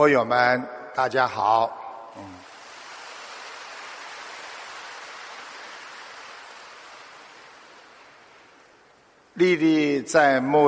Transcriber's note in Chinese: 掌声